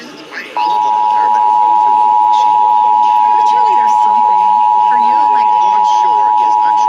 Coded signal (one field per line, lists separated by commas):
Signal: Emergency Alert System (SAME) tones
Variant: 853 and 960 Hz attention tone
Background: speech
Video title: EAS 5552-5584 Tests from 1/17/24-1/24/24